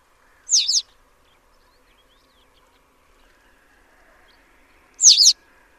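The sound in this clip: Bird calls: two brief, sharp, very high chirps about four and a half seconds apart, with near silence between them.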